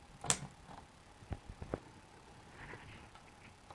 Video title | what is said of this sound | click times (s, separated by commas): 삼성 노트북을 분해하고 팬 청소 및 부품 교체하기. Disassemble Samsung Laptop, Clean Cooling Fan and Replace Parts [MHK채널] | 부분을 아래로 누르면 딸깍 하는 소리가 나면서 뱀이 당찬 됩니다 | 0.3 s